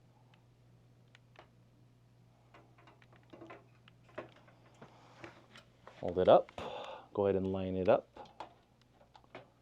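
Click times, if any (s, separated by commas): none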